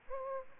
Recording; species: mosquito wingbeat signal from an infrared sensor; Aedes aegypti